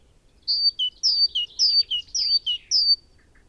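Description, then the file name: Great tit song of about five rapid two-note phrases, a high whistled note falling to a lower one, with a few softer overlapping chirps between them. "Parus major"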